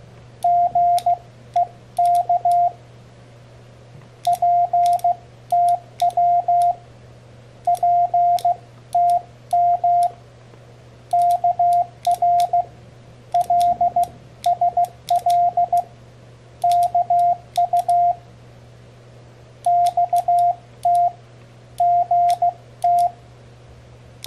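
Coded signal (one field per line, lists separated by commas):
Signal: Morse code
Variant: Korean alphabet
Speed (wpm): 16 wpm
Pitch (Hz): 700 Hz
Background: radio noise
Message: 상 접 점 유 격 이 커 서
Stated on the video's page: Morse sent with a home-made paddle key built from two microswitches, including Korean-language Morse.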